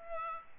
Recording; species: mosquito wingbeat signal from an infrared sensor; Aedes albopictus